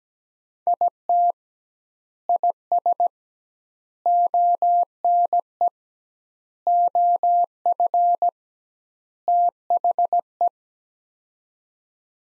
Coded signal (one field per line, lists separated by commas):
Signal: Morse code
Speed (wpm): 17 wpm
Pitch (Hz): 700 Hz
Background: none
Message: IT IS ONE OF THE